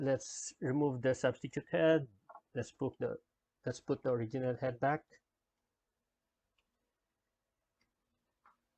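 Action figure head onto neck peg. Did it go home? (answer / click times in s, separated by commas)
no / none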